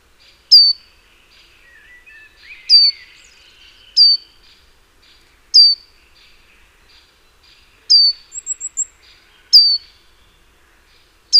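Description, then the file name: Great tit repeating sharp, high descending notes at uneven intervals, once breaking into a brief quick series of thin notes. "Parus major"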